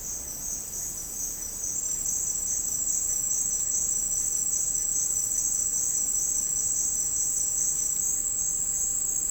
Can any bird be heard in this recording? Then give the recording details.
no. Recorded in secondary vegetation near Puerto Asís, Putumayo, Colombia, on 13 March 2025 at 10:00. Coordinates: 0.502, -76.326. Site G100